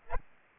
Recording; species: mosquito wingbeat signal from an infrared sensor; Aedes albopictus